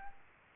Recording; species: mosquito wingbeat signal from an infrared sensor; Aedes aegypti